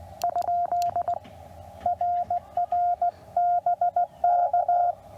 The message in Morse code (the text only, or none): ? RR BK